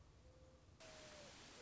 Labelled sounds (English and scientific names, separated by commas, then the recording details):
Mourning Dove (Zenaida macroura)
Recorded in Sonoma County, California